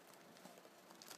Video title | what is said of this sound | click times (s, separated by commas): Tech-Repair: Custom Build Gaming Machine | and you just plop it in pretty much right here just push down until you'll hear it snap on both sides | 0.9 s, 1.0 s